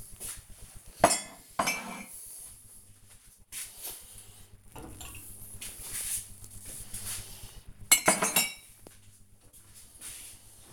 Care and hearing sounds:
household activities, microphone on the right wrist
0.00-10.73 s: cleaning out the dishwasher

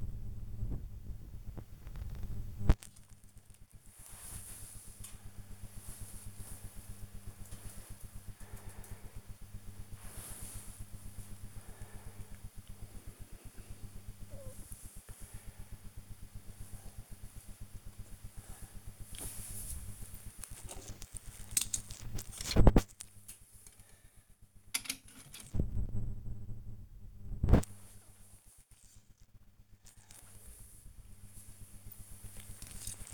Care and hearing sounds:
household activities, microphone on the right wrist
0.00-4.47 s: dusting model cars
17.54-33.13 s: dusting model cars

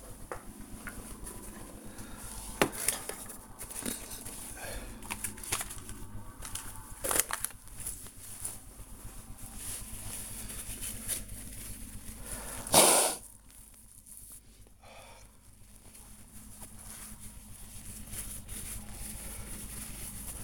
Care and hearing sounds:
household activities, microphone on the right wrist
0.00-20.44 s: cleaning the cupboard

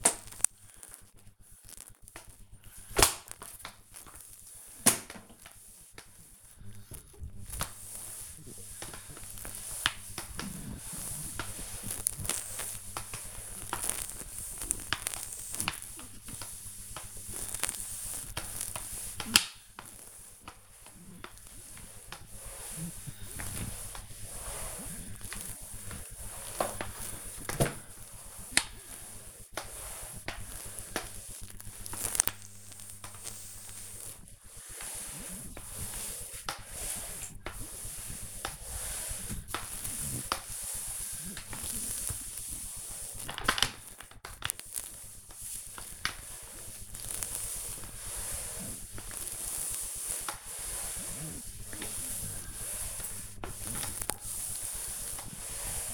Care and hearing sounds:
household activities, microphone on the right wrist
0.00-55.94 s: floor cleaning

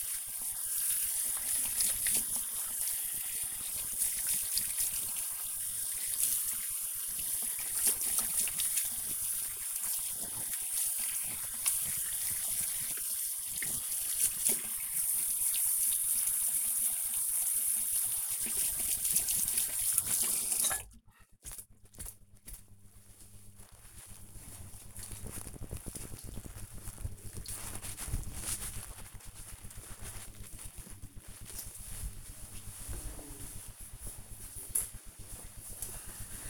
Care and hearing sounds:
household activities, microphone on the right wrist
0.00-22.60 s: washing hands

